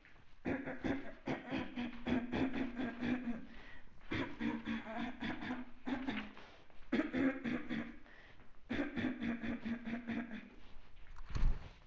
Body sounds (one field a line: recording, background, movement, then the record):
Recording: throat clearing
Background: quiet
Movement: walking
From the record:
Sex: female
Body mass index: 36.4 kg/m2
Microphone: on the chest, facing outward